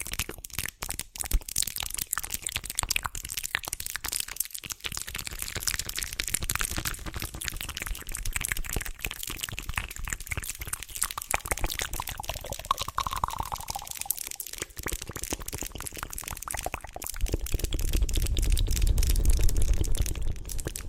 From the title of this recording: TINGLY MOUTH SOUNDS